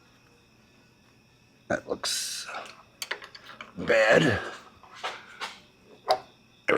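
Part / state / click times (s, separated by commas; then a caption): pushrod tube into engine case and cylinder head / seated / 6.7 s. A spring-loaded pushrod tube is guided into its bore between the cylinder head and engine case of a 1960-ish VW engine in a Ford Model T kit and twisted to seat it, with scraping and small knocks along the way while someone talks. A sharp metallic snap at 6.7 s marks the tube seating.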